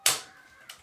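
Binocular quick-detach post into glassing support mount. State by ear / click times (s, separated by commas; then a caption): seated / 0.1 s. The quick-detach adapter post on a pair of binoculars is pushed into the receiver of a Kestrel glassing support mount and locks in with a sharp, bright click at 0.1 s. A fainter short tick follows at 0.7 s, and the post is seated and locked.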